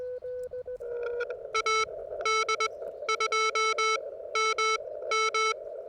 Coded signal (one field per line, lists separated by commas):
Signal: Morse code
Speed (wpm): 21 wpm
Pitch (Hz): 1320 Hz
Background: none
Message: AD2MM